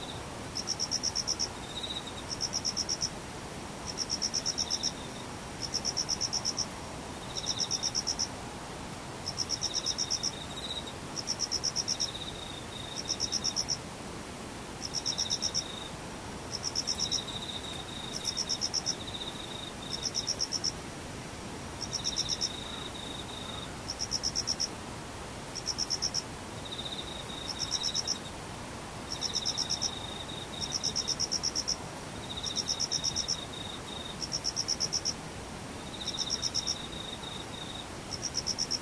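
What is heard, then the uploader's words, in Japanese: An insect, likely a cicada, calls in a steady, regular series of short, shrill pulses, about one every second or so, throughout the recording. A softer, lower chirp follows many pulses, over a constant low hiss and rumble. セミムシ。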